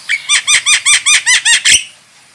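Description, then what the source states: Starling calls: a rapid, evenly spaced series of loud squeaky notes, each with a down-curled hook, all within two seconds. Female starling.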